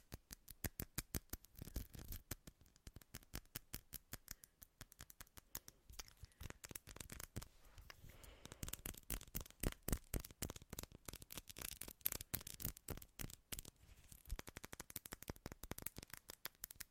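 Rapid tapping runs throughout, a dense stream of sharp clicks with no pauses. The taps are uneven in strength, with louder bursts clustered around two seconds, ten to twelve seconds and near the end, and a slightly sparser stretch around six to eight seconds.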